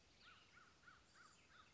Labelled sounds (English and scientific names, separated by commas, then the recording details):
American Crow (Corvus brachyrhynchos)
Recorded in Sonoma County, California